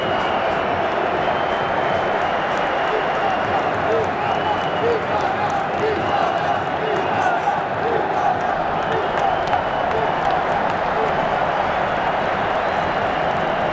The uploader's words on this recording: Live Football Stadium | Ambience. Sound Recorded at Wembley.